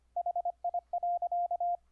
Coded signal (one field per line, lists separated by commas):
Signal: Morse code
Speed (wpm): 25 wpm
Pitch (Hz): 700 Hz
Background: radio noise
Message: HI.